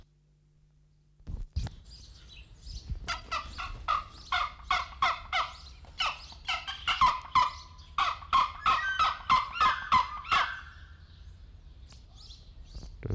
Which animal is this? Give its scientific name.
Haliaeetus leucoryphus